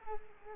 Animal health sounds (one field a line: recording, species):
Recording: mosquito wingbeat signal from an infrared sensor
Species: Culex quinquefasciatus